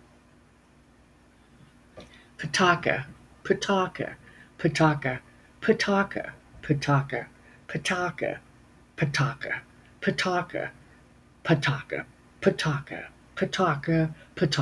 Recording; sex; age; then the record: repeated syllables /pa ta ka/; female; 60 to 69 years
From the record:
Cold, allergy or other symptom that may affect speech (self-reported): no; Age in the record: 63 years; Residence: Virginia, United States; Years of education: 18